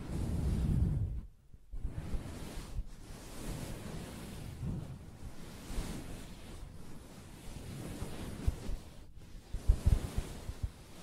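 Soft fabric is scratched and tapped, making a steady, dense rustling hiss with dull low thuds scattered throughout. A heavier rub opens the clip before a brief pause near 1.5 seconds, and a quick cluster of sharper taps arrives around the tenth second.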